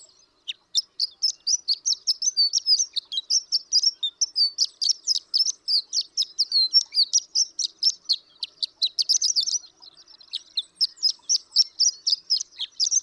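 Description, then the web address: Horned lark song, a long run of rapid high tinkling notes with brief pauses, continuing almost without break throughout. "birdsongforthecurious Horned Lark"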